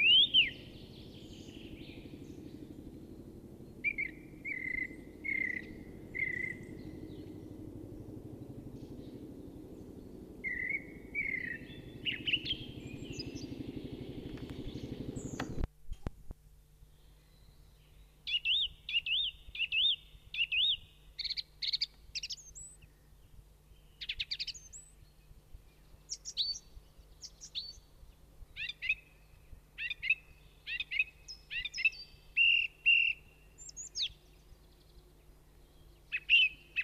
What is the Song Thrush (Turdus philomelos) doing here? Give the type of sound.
song